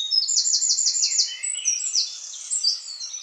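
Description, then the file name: Eurasian Wren song, a rapid high-pitched outpouring of sharp notes with a fast trill, continuing throughout. "Troglodytes troglodytes"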